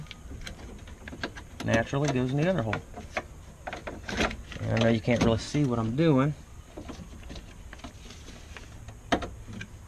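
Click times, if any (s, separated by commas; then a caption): none. A metal door latch rod is worked into its plastic retaining clip on the door handle/latch inside the door of a 1995 Chevy Silverado during a window motor replacement, with small taps and rattles while someone talks. The rod has not yet snapped into the clip; nothing has seated by the end of the clip.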